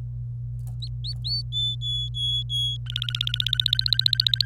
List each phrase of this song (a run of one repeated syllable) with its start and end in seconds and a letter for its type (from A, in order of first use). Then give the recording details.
0.82-1.42 A, 1.52-2.78 B, 2.86-4.45 C. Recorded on 25 April 2018 at 16:19. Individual llb3